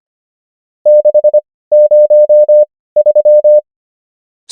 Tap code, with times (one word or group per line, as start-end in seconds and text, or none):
none